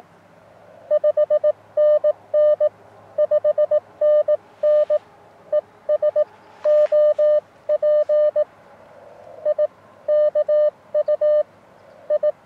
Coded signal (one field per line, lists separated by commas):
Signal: Morse code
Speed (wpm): 19 wpm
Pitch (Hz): 600 Hz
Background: none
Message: 5NN 5NN ES OP I KU I